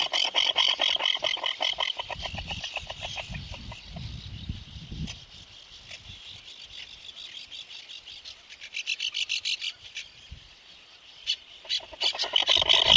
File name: Konyuga-kroshka Aethia pusilla